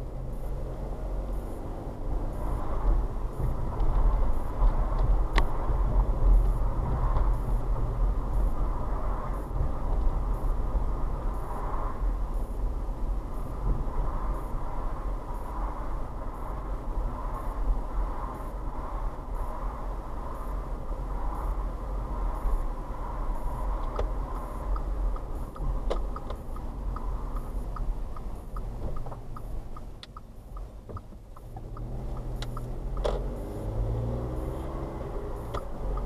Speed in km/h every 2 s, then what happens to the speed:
21, 23, 26, 29, 29, 27, 27, 26, 26, 26, 26, 26, 26, 23, 15, 5, 10, 13.
0-6 speeds up to 29. 6-24 steady at about 26. 24-30 brakes to 5. 30-36 speeds up to 13.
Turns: 30-36.